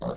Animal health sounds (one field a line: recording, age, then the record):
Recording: pig call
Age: piglet (1 to 25 days)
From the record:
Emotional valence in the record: negative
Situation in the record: long isolation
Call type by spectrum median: low-frequency call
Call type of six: low-frequency tonal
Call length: 0.16 s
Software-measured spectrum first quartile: 210 Hz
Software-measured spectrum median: 489 Hz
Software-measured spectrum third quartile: 802 Hz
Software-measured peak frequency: 557 Hz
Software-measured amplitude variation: 91 dB a second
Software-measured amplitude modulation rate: 6.2 a second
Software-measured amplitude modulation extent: 14.6 dB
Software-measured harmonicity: 2.9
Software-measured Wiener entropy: -0.54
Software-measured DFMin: 1153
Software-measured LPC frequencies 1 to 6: 555, 1148, 3802, 4451, 5392, 6398 Hz